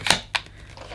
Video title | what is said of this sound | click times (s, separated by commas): Karcher VC 6 Vacuum Cleaner Unboxing & Demonstration | a nice click fit it's | 0.4 s